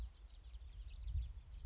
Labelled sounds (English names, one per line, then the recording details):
House Finch
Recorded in Sonoma County, California